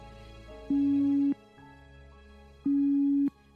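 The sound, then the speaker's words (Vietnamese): A telephone ringing tone after a number is dialed on a phone, showing the number can be reached: two steady, mid-pitched electronic tones, each lasting a little over half a second with a pause between, sounding clearly over a faint background hum with no talking. “Có chuông, số điện thoại này liên lạc được.”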